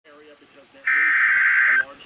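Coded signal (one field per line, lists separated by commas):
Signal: Emergency Alert System (SAME) tones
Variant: header bursts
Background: speech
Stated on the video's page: Confirmed tornado warning on NOAA weather radio station at 162.550 MHz, Birmingham AL, for Coosa and Talladega counties.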